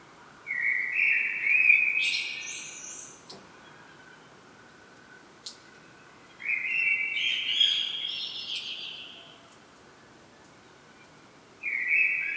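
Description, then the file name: Common blackbird song: two fluty low warbled phrases about five seconds apart, each ending in a high squeaky twitter, a third phrase starting at the end; quiet background hiss. "Turdus merula"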